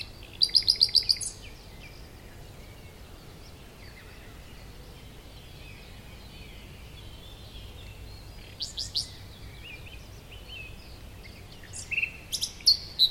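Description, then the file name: Nightingale song in three short bursts of rapid, high repeated notes near the start, about two-thirds through and at the end, with quiet gaps and a steady low rumble between. "Luscinia megarhynchos"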